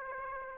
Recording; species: mosquito wingbeat signal from an infrared sensor; Aedes aegypti